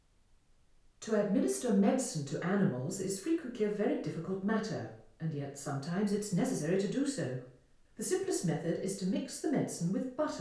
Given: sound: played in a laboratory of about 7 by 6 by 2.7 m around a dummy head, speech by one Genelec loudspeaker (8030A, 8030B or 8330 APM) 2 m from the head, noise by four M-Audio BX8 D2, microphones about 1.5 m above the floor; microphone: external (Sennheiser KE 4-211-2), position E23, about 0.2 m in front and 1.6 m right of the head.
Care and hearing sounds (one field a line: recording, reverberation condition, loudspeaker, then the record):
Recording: female speech in English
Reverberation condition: medium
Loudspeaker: 120 degrees to the left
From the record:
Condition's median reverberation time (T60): about 510 ms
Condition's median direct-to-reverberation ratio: about -0.5 dB